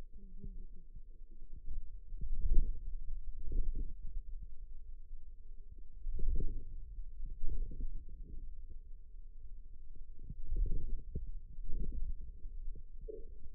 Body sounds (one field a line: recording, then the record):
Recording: forearm muscle sounds (acoustic myography)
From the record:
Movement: radial deviation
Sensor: system 2, bracelet of six BSWA MPA416 microphones around the upper forearm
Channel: 4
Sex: female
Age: 21 years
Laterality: right